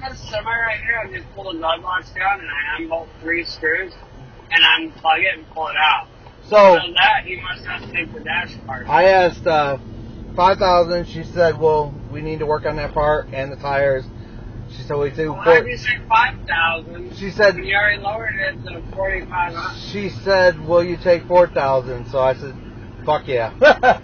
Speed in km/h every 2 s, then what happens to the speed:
18, 15, 13, 15, 27, 39, 44, 42, 47, 48, 48, 48.
0-5 steady at about 15. 5-11 speeds up to 44. 11-24 steady at about 47.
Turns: 4-10.